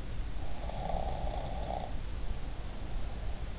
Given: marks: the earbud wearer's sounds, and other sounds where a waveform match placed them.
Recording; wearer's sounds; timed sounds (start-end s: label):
sounds in sleep by an in-ear microphone; snoring breath
0.50-3.57 s: snoring breath